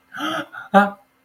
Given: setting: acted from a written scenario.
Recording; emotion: vocal sound without words; distress